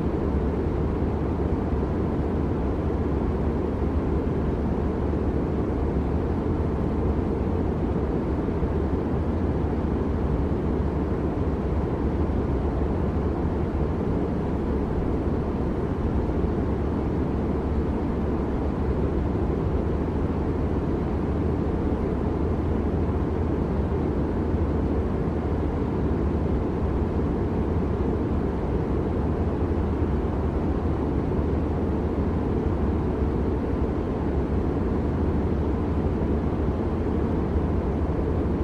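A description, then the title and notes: A steady, unbroken cabin roar from a private jet, heavy and low, with a dense rumble concentrated in the bass and a softer hiss above. The level holds perfectly even for the whole stretch, with no distinct events or changes. Private Jet White Noise.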